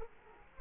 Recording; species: mosquito wingbeat signal from an infrared sensor; Culex quinquefasciatus